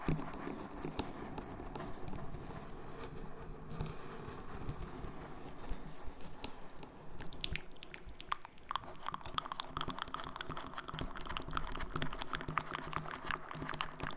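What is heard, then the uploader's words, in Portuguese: Rough, intense scratching on a microphone, loud throughout, with a thick, busy texture. Quick sharp scrapes and clicks pile up more densely after about seven seconds, over a low rumbling bed with a slight echoing wash. ASMR ARRANHANDO O 3DIO COM ECO. ASMR intenso e agressivo com muitos sons de scratching.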